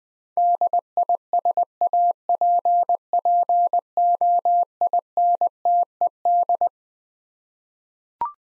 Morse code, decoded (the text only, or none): DISAPPOINTED